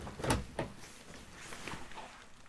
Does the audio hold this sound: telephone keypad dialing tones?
no